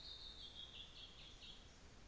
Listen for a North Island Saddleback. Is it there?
no